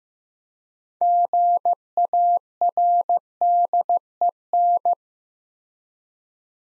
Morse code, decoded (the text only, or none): GARDEN